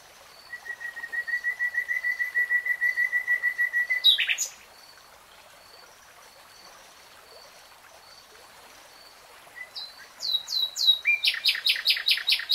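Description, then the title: Nightingale song: a long steady rattle of repeated notes for about four seconds, a quiet gap, then several quick notes and a loud buzzy trill. Real-time recording. "[Tiếng chim hót] 3 Hours REALTIME Nightingale Singing"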